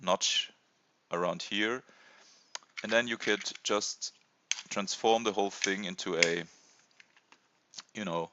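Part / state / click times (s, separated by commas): plastic compartment door on a toy building / seated / 2.5 s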